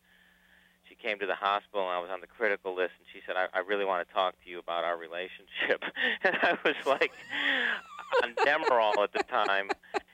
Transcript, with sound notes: And she came to the hospital. And I was on the critical list. And she said, I really want to talk to you about our relationship. (Laughter) And I was like on Demerol at the time.